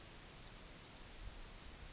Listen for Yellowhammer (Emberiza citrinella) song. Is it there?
no